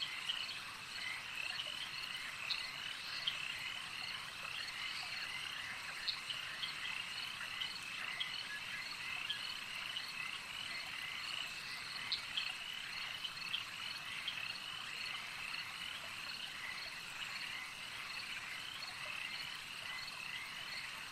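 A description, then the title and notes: A night swamp chorus of frogs and crickets fills the air in a steady, dense wash that never pauses. Bright, high trilling and chirping layers overlap, with quick croaks popping out every second or so, while a faint low rumble sits underneath. Swamp Sounds at Night - Frogs and Crickets Melody. Forest nature.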